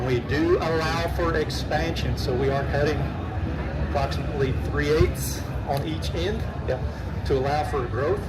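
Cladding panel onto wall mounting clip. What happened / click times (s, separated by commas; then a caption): Panel handled but not yet seated; no snap is heard / none. A composite cladding panel, cut about 3/8 on each end to allow for expansion, is handled at a wall mounting clip where its vent holes are meant to lock onto a small tab. A man talks over a steady low background rumble. Nothing has seated or snapped in yet.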